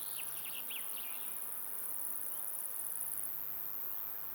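Insect giving a continuous very high trill that stops after about three seconds, with a few quick chirps from another animal near the start.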